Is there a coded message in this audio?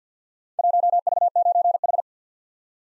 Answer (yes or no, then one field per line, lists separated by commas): yes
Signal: Morse code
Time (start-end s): 0.6-2.0 s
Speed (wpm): 47 wpm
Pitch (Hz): 700 Hz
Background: none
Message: 1V9H